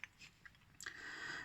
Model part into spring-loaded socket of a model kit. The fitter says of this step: push it in and then it will spring back to lock into place you